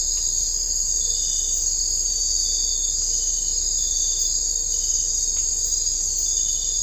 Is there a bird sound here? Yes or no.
no